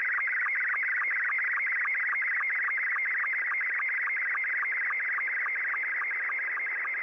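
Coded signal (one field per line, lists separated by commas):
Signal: SSTV (slow-scan television)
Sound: warbling, chirping tone with steady rhythmic ticks several times a second over radio hiss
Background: radio static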